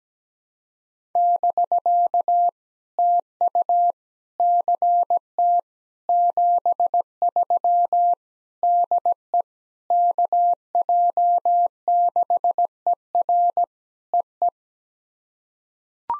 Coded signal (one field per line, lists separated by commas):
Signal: Morse code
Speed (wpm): 17 wpm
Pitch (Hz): 700 Hz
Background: none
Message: <BK> TU CT 73 DE KJ6ER EE